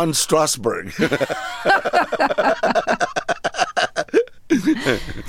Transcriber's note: laughter